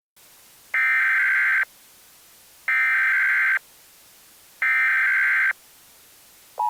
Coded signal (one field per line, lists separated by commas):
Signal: Emergency Alert System (SAME) tones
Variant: header bursts